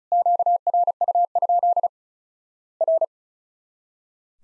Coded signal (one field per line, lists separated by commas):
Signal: Morse code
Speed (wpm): 36 wpm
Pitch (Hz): 700 Hz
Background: none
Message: QRU? R